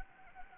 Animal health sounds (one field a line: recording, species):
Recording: mosquito wingbeat signal from an infrared sensor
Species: Anopheles gambiae